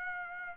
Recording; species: mosquito wingbeat signal from an infrared sensor; Aedes aegypti